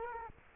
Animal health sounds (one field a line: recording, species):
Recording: mosquito wingbeat signal from an infrared sensor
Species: Culex quinquefasciatus